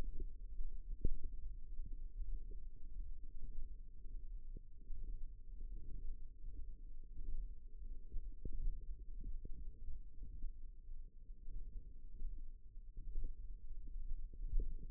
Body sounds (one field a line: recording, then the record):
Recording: forearm muscle sounds (acoustic myography)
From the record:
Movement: radial deviation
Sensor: system 1, eight BSWA MPA416 microphones around the upper forearm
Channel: 8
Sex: female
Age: 21 years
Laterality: right